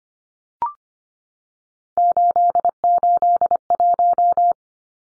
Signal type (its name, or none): Morse code